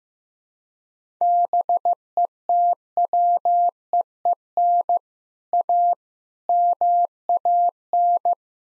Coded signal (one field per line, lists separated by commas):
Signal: Morse code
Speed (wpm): 16 wpm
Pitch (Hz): 700 Hz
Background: none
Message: BETWEEN A MAN